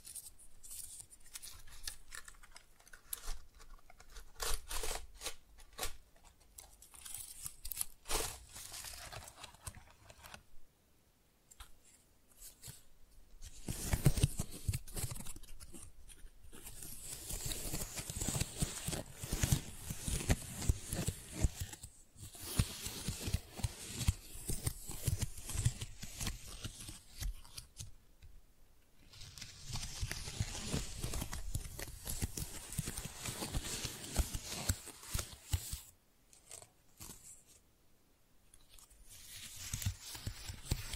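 Flowers are handled in bursts of crisp, crackling rustles with sharp little snips and taps scattered through. The sound comes in dense clusters separated by brief quiet gaps, around 11, 29 and 37 seconds, and is mostly bright with a soft low thump beneath.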